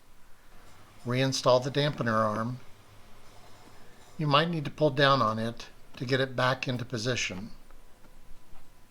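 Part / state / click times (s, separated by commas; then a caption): glove box dampener arm onto its mounting peg / not seated / none. Someone talks while handling the glove box dampener arm of a 2018 Mazda CX-5, pulling it down to get it back onto its mounting peg after a cabin air filter change. Nothing has seated or clicked yet by the end of the clip.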